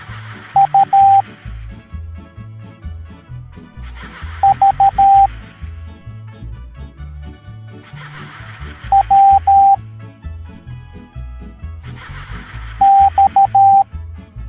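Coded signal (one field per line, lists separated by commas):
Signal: Morse code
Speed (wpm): 13 wpm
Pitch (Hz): 790 Hz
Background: music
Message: U V W X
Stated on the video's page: Morse code alphabet lesson for kids in an animated cartoon.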